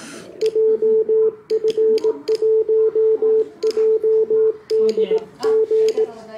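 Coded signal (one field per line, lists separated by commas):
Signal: Morse code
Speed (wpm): 18 wpm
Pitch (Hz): 440 Hz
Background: speech, radio noise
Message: JF1JDG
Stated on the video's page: Portable operation in Morse from Dōhō Park, Tsukuba, with an IC-705.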